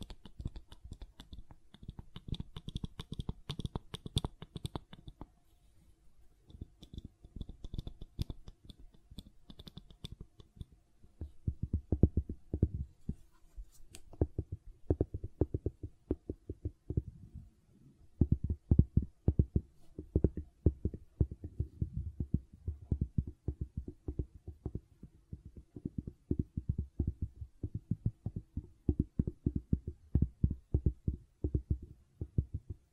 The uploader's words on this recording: ASMR Gentle Silicon Sounds for Sleep (No Talking).